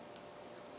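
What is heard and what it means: On an AG-42B Ljungman rifle, the bolt cover is dropped back, pressing in the spring hook that holds the bolt. A single faint metallic tick sounds at 0.2 s over a steady low background. The hook is pressed in and the bolt is released to go forward.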